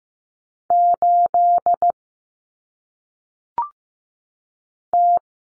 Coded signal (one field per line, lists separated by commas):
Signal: Morse code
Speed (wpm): 15 wpm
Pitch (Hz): 700 Hz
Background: none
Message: 8 T